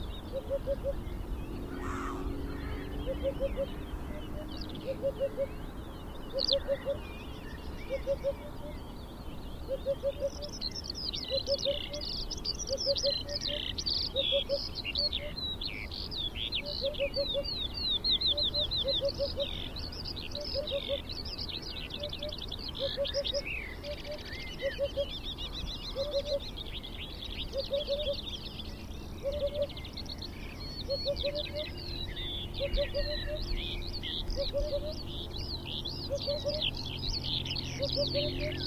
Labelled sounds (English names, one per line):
Eurasian Hoopoe